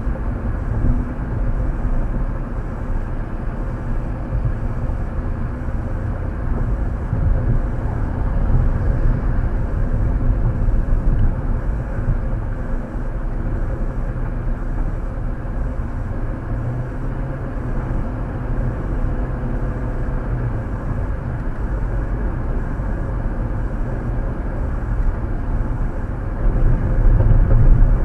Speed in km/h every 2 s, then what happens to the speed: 89, 87, 89, 92, 95, 97, 95, 93, 93, 103, 108, 109, 108, 108.
0-9 speeds up to 97. 9-16 steady at about 93. 16-22 speeds up to 109. 22-28 steady at about 108.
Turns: none.